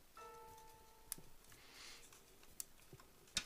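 Plastic push pins of a stock Intel CPU cooler are pressed down through the mounting holes of a motherboard. Sharp clicks are heard at 1.1 s, 2.6 s and 3.4 s over a faint background hum with a steady tone near the start. The pins click into place and the cooler is seated.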